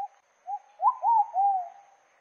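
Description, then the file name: Pigeon coo phrase: the tail of a note, a soft short coo, then three fuller hooting coos, the final one long and falling. Song of the pigeon known in Portuguese as pomba-botafogo. "canto da pomba botafogo"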